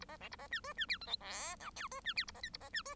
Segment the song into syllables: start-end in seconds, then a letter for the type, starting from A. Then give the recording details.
0.00-0.05 A, 0.08-0.17 B, 0.20-0.29 C, 0.31-0.36 A, 0.38-0.47 B, 0.51-0.60 D, 0.64-0.73 E, 0.77-0.86 D, 0.88-0.98 F, 1.01-1.06 G, 1.06-1.16 H, 1.20-1.56 I, 1.60-1.70 J, 1.76-1.88 K, 1.91-2.00 E, 2.04-2.14 D, 2.16-2.25 F, 2.27-2.31 A, 2.34-2.41 B, 2.43-2.50 L, 2.53-2.58 A, 2.60-2.69 B, 2.73-2.82 D, 2.85-2.95 E. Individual Bird1